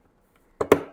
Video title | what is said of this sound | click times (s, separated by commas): The FIRST Thing You MUST Do With Ranvaira Slushy Machine | Yep, so that one actually did make a click sound. | 0.6 s